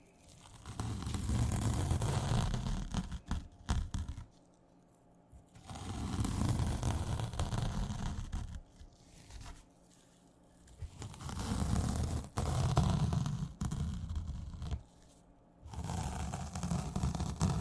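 A sponge scratches and rubs in bursts of about two seconds, rough and dense with a low rumble, separated by short quiet pauses.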